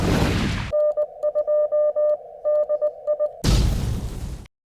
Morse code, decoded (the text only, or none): N2DI